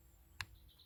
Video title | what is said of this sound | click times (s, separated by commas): How to repair stiff tappets, how to fix hydraulic lifters BMW E38 740i E39 M60 M62 M62TU M50 M52 M54 | When you hear a click, you know you've installed it correctly. | 0.4 s